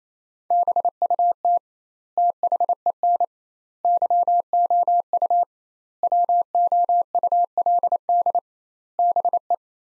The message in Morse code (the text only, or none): BUT THEN YOU WOULD BE